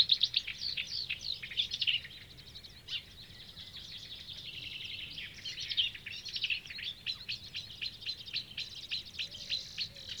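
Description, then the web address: Marsh warbler song, a fast, varied chatter of high twittering notes, buzzy trills and short whistles. On 6 June 2016. "fagelljud 20160606 karrsangare"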